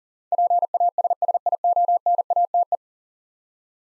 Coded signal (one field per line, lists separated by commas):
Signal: Morse code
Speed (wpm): 40 wpm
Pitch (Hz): 700 Hz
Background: none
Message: PASSIONATE